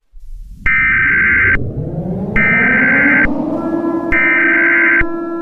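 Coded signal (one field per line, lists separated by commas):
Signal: Emergency Alert System (SAME) tones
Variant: header bursts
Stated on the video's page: Fake EAS scenario that may contain valid SAME headers and tones, alongside sirens.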